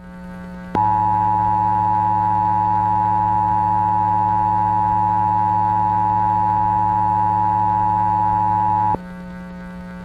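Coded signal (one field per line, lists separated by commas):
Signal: Emergency Alert System (SAME) tones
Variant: 853 and 960 Hz attention tone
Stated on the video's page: Yellow Rainfall Warning for Metro Manila generated by an emergency alert API.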